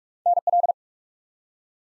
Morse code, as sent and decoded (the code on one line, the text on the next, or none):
-. .-..
NL